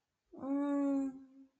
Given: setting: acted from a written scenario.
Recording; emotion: vocal sound without words; romantic love